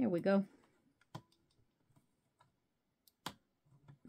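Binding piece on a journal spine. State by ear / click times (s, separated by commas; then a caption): seated / 3.3 s. After a caught guitar string is freed, a binding piece is pushed down onto a journal spine while someone talks at the start. A few light clicks come through the quiet, then a loud, sharp snap at 3.3 s marks the binding piece seating in place, followed by faint soft taps.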